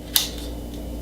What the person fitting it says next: Okay, so it does make a nice little clicking sound, so it is nice and firm in the controller.